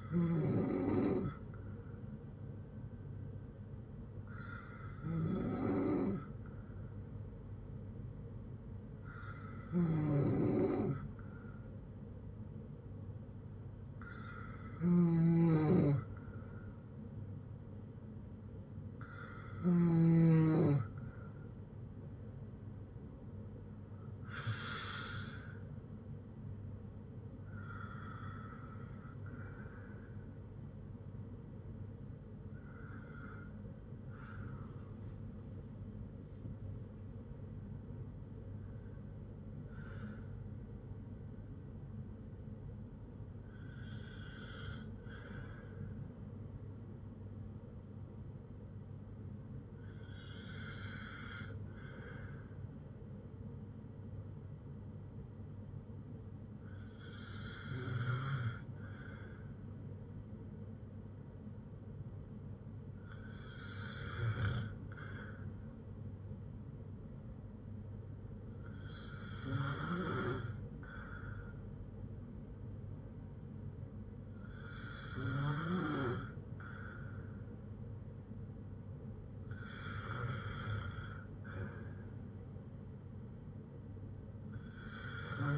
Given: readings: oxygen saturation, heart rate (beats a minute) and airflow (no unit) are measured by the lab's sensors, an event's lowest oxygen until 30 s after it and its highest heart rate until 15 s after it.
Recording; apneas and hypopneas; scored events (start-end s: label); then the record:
breathing in sleep by a smartphone at the bedside; none
48.00-78.00 s: new sleep stage, N1 (lightest sleep)
78.00-85.58 s: new sleep stage, N2 (light sleep)
From the record:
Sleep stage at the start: N2 (light sleep); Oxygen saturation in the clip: 92 to 96%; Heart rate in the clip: 57 to 83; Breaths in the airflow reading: 16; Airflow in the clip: -5.9 to 8.4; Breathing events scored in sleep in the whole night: 182 in 7.4 hours asleep